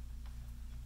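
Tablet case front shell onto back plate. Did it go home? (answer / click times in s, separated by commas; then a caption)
no / none. The front shell of a rugged, intrinsically safe iPad 10.5-inch tablet case (Class 1 Division 2, ATEX Zone 2) is being pressed onto its back plate so the plastic clips will snap shut. Only a steady low hum is heard, with faint soft handling rustles around 0.3 s and 0.7 s. Nothing has clicked or seated yet.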